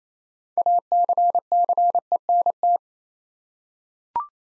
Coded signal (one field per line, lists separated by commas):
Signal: Morse code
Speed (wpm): 29 wpm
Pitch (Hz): 700 Hz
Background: none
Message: ACCENT